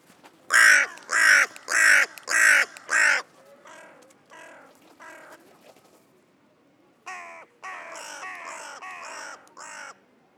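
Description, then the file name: Carrion crow giving a run of five loud, harsh, evenly spaced caws, then softer hoarse calls, then another series of rasping caws. "Corvus corone"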